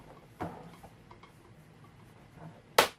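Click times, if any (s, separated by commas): 2.8 s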